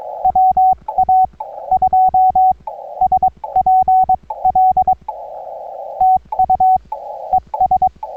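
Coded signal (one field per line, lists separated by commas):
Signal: Morse code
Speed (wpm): 22 wpm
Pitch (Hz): 750 Hz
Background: none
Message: WA2SPL TU ES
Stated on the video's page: 20m CW POTA activation from a state recreation area on a Xiegu G90 at 20 W with a 20m delta loop antenna.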